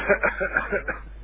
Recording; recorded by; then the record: voluntary cough; telephone call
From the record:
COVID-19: positive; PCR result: checked with the laboratory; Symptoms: no